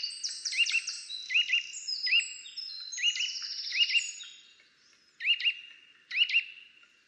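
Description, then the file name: Eurasian nuthatch calls: short, looping, arched notes repeated at irregular intervals, with higher chirps and trills overlapping. "Sitta europaea"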